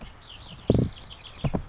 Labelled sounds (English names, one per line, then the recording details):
Oak Titmouse
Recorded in Sonoma County, California